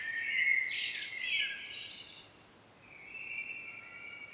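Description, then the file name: Common blackbird song, a rich warbled phrase followed by a pause and then a thin, level, drawn-out note, with steady soft hiss behind. "Turdus merula"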